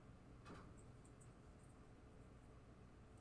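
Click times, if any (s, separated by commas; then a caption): none. A freshly crimped terminal pin is pushed into the plastic connector housing of a Gottlieb Hollywood Heat pinball machine. A brief broadband rustle at about 0.5 s is followed by faint, light high ticks over a steady low background hum. The pin has not clicked in or locked.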